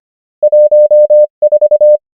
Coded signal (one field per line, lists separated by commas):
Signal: Morse code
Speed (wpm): 25 wpm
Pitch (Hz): 600 Hz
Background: none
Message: 1 4